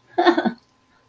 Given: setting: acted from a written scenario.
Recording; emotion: vocal sound without words; pride